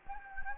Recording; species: mosquito wingbeat signal from an infrared sensor; Anopheles gambiae